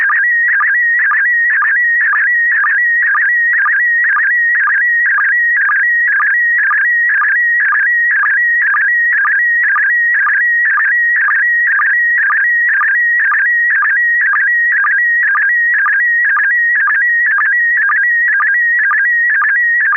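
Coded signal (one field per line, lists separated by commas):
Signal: SSTV (slow-scan television)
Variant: PD120 mode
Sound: warbling, chirping tone near 2 kHz with a regular low blip twice per second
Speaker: I'm ready. This is KP4MD, and this is also going to be PD120.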